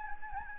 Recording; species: mosquito wingbeat signal from an infrared sensor; Anopheles gambiae